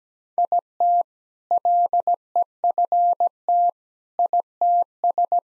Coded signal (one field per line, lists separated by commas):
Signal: Morse code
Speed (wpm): 17 wpm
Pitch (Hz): 700 Hz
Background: none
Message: IT LEFT ITS